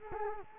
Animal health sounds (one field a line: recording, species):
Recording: mosquito wingbeat signal from an infrared sensor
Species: Culex quinquefasciatus